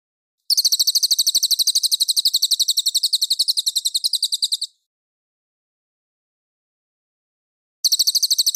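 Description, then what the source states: Cililin song: a fast, high-pitched pulsed trill lasting about four seconds, silence for three seconds, then the trill resumes. Clear song.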